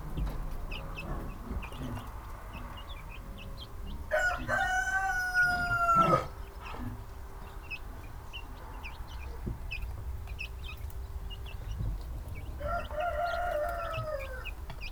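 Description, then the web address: Chicken crowing twice, a loud two-second crow then a fainter second one, with small cheeping notes and low background rumble throughout. Farmyard with Hungarian chickens, chicks and a rooster. "allathangok parasztudvar csibe magyartyuk olajtokinyitasa kakasdiszno"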